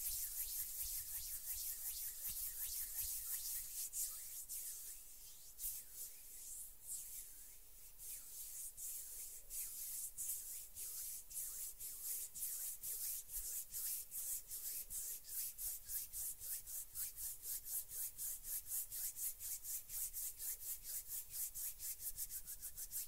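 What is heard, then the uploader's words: Hands rubbing steadily in a fast, regular back-and-forth rhythm, a bright dry scraping that speeds up and grows sharper after the first few seconds. ASMR RELAXING HAND SOUNDS - NO TALKING.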